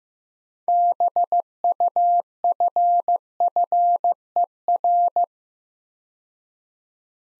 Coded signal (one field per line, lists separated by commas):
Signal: Morse code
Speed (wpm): 15 wpm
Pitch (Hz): 700 Hz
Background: none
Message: BUFFER